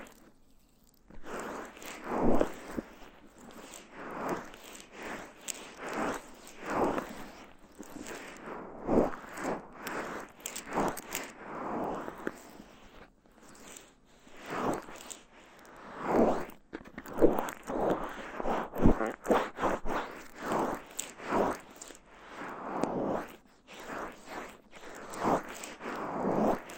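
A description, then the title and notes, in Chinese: Lotion ear massage: soft, wet squishing and rubbing strokes repeat steadily for the whole clip, each swelling and fading within a second or so. The sound is dense and textured, with brief sharper crackles scattered throughout and no other sounds behind it. ASMR×KU100 | 乳液耳朵按摩 | Ear Massage | NO Talking。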